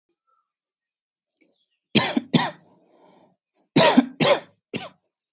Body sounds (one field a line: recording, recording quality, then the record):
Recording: heavy voluntary cough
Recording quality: moderate, slight background noise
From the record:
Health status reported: healthy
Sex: male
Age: 25 years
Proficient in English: yes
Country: India